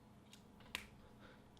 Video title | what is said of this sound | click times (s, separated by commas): SB Toys: 2017 BANDAI Power Rangers Legacy Collection Series 3 MMPR Yellow Ranger Figure Review | that easily snaps back in place. | 0.8 s